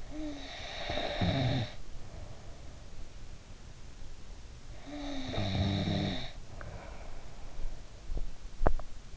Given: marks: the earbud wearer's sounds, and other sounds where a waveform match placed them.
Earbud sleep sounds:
sounds in sleep by an in-ear microphone; snoring breath, teeth grinding
0.00-3.13 s: snoring breath
4.78-7.89 s: snoring breath
8.18-8.76 s: teeth grinding

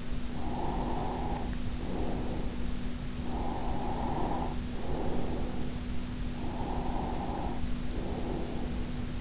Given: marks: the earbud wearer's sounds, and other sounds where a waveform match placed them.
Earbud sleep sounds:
sounds in sleep by an in-ear microphone; breath
0.21-2.70 s: breath
3.21-9.21 s: breath

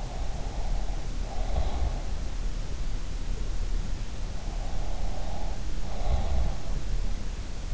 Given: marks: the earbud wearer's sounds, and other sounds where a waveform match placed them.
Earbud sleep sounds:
sounds in sleep by an in-ear microphone; breath
0.00-1.94 s: breath
4.91-6.66 s: breath

